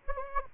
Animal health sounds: mosquito wingbeat signal from an infrared sensor; Anopheles gambiae

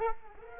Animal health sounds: mosquito wingbeat signal from an infrared sensor; Culex quinquefasciatus

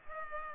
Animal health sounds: mosquito wingbeat signal from an infrared sensor; Culex pipiens

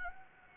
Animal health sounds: mosquito wingbeat signal from an infrared sensor; Anopheles gambiae

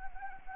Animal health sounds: mosquito wingbeat signal from an infrared sensor; Anopheles arabiensis

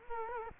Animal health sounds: mosquito wingbeat signal from an infrared sensor; Culex quinquefasciatus

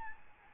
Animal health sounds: mosquito wingbeat signal from an infrared sensor; Aedes albopictus

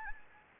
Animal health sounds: mosquito wingbeat signal from an infrared sensor; Anopheles gambiae

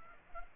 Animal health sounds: mosquito wingbeat signal from an infrared sensor; Culex pipiens

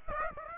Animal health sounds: mosquito wingbeat signal from an infrared sensor; Aedes aegypti

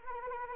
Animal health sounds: mosquito wingbeat signal from an infrared sensor; Anopheles arabiensis

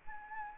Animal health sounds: mosquito wingbeat signal from an infrared sensor; Anopheles arabiensis

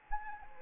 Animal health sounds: mosquito wingbeat signal from an infrared sensor; Anopheles gambiae

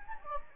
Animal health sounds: mosquito wingbeat signal from an infrared sensor; Anopheles gambiae

